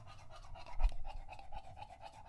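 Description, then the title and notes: English Bulldog heavy breathing, fast even panting with a stronger puff partway through. English Bulldog named Lucho, male, drinking from a water bowl after a long walk; out of breath, heavy breathing in between drinks, drinks for a long time. "English Bulldog Drinks from Water Bowl - Weird Sounds. listen to Lucho the English Bulldog as he tries to drink water after a long walk. Don't let his heavy breathing fool you in between drinks, he's equally out of breath from the walk"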